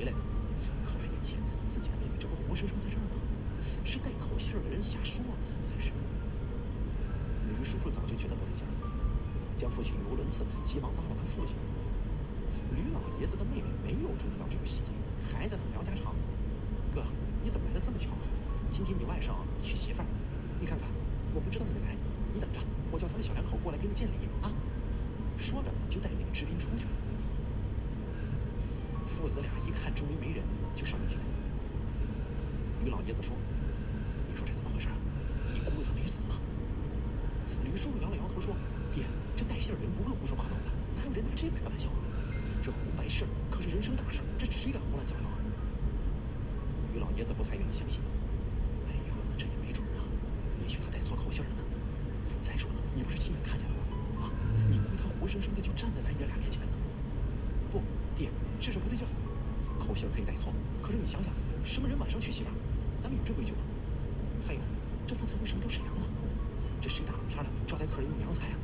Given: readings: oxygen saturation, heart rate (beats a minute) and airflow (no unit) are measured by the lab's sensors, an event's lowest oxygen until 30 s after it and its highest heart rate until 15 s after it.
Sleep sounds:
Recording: breathing in sleep by a smartphone at the bedside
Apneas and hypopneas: none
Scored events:
none scored
From the record:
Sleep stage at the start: N1 (lightest sleep)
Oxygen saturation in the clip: 94 to 95%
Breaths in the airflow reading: 24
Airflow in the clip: -1.4 to 2.1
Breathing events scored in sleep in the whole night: 335 in 6.7 hours asleep

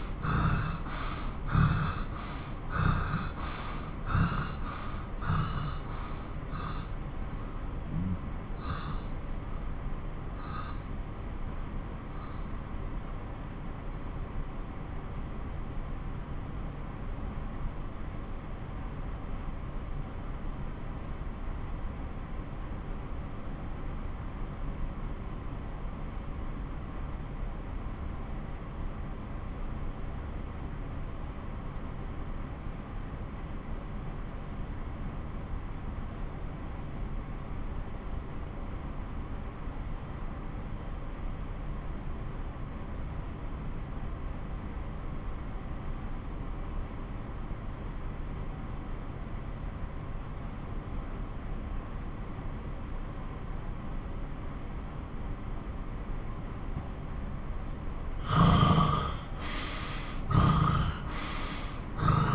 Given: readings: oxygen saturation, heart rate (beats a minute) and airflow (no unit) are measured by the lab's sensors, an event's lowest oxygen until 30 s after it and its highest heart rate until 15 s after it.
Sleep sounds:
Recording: breathing in sleep by a smartphone at the bedside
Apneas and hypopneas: 1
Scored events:
9.00-62.35 s: new sleep stage, N2 (light sleep)
11.00-55.50 s: obstructive apnea (N2, oxygen 95% highest, then 81% lowest)
From the record:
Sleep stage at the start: N1 (lightest sleep)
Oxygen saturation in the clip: 81 to 95%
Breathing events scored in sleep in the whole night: 217 in 6.3 hours asleep

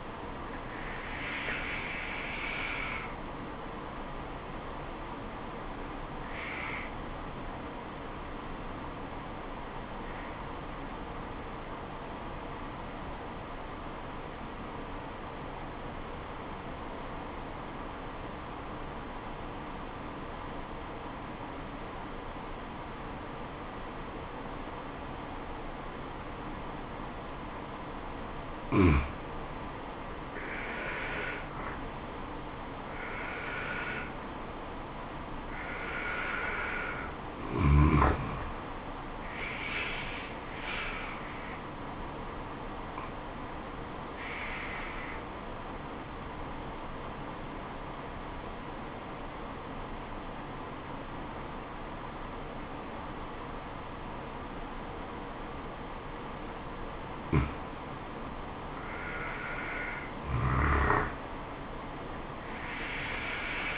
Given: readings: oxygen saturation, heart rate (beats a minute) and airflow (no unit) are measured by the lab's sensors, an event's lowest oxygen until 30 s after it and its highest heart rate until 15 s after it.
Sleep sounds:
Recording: breathing in sleep by a voice recorder at the bedside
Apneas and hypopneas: 2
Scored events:
5.00-31.20 s: obstructive apnea (N1, oxygen 97% highest, then 87% lowest, heart rate 69 at the start, 77 highest)
34.00-63.78 s: new sleep stage, N2 (light sleep)
42.00-59.60 s: obstructive apnea (N2, oxygen 96% highest, then 93% lowest, heart rate 71 at the start, 79 highest)
From the record:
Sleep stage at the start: N1 (lightest sleep)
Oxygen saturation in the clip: 87 to 97%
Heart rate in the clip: 63 to 79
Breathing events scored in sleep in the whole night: 426 in 7.4 hours asleep

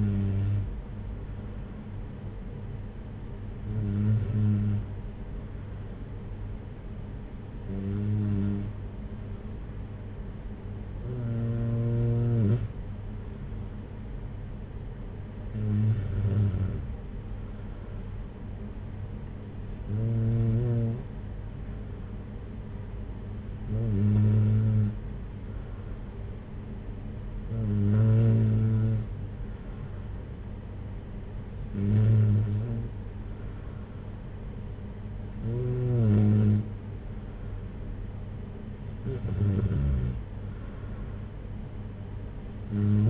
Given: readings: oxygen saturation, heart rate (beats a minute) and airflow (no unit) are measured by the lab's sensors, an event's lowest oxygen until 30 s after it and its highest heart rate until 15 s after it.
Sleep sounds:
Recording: breathing in sleep by a smartphone at the bedside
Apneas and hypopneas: none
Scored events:
none scored
From the record:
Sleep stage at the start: N3 (deep sleep)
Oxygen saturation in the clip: 94 to 95%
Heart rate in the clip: 55 to 61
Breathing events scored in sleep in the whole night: 226 in 8.8 hours asleep

